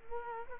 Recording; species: mosquito wingbeat signal from an infrared sensor; Culex quinquefasciatus